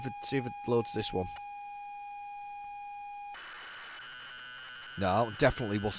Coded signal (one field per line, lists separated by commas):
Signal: ZX Spectrum tape loading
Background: speech